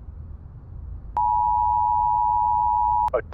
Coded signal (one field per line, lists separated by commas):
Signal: Emergency Alert System (SAME) tones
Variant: 853 and 960 Hz attention tone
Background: speech